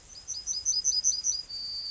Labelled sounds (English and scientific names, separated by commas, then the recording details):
Yellowhammer (Emberiza citrinella) song
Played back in grassland
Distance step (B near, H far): D
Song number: 104